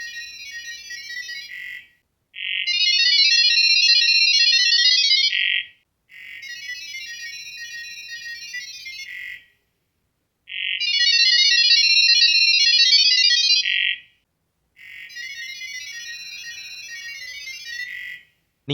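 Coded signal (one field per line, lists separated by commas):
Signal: data over sound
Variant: GGWave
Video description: They communicate through **Gibberlink, powered by the GGWave protocol**, without any text or internet connection.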